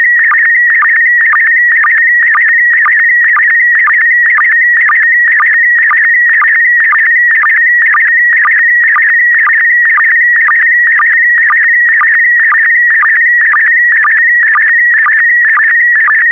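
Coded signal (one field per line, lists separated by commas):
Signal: SSTV (slow-scan television)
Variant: PD120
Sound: continuous warbling tone around 2 kHz with rapid regular short low chirps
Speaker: the next image transmission will start in 10 seconds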